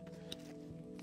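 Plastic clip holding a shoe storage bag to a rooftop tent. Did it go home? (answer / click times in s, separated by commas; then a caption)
released / 0.3 s, 1.0 s. Small plastic side-release clips holding a fabric shoe storage bag to the side of a Dune Nomad 140cm rooftop tent are unclipped so the bag can come off. Two sharp clicks sound at 0.3 s and 1.0 s over a steady background hum, and the bag is released.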